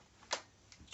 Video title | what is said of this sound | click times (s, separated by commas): Kar 98k Bolt Action Sniper rifle. #Toys #ToyGuns #2020 gel Gun #productreviews #review 08/10/2020. | and then what you do is press back until you hear the clicking sound and then you press down | 0.3 s